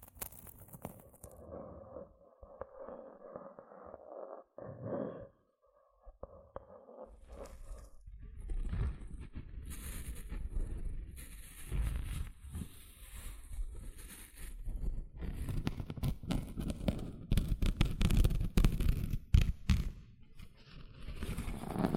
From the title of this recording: Tingly Gentle Scratching Sounds